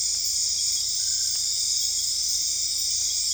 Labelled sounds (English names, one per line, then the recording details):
none
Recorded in dense forest near Puerto Asís, Putumayo, Colombia, on 21 December 2024 at 20:00
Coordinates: 0.485, -76.318
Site GP03